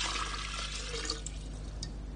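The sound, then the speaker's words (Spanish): Water pours steadily into a glass bottle as Muschenbroek fills it for an electricity experiment, a soft continuous rushing and trickling with a few brighter splashes, over a low steady hum. No one speaks. “Cogió una botella de cristal y la llenó de agua.”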